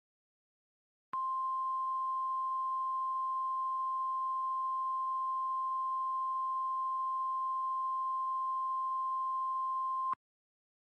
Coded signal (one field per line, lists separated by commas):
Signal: Emergency Alert System (SAME) tones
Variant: 1050 Hz attention tone